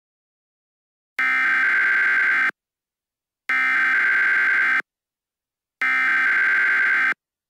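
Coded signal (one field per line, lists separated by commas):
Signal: Emergency Alert System (SAME) tones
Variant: header bursts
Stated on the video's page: Homemade EAS mock, a simulated alert built in audio editing software with a synthesized EAS voice.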